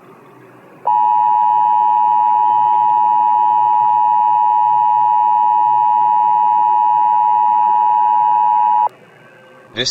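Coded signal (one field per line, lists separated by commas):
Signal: Emergency Alert System (SAME) tones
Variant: 853 and 960 Hz attention tone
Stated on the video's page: Fictional scenario alert about a meteor shower threatening to strike the North American continent.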